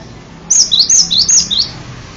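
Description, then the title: Bird song: a short run of five or six high, thin, sliding whistled notes delivered quickly in one burst. "kikicau"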